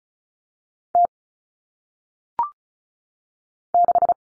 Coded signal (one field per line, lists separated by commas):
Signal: Morse code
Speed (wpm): 36 wpm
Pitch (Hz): 700 Hz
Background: none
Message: T 6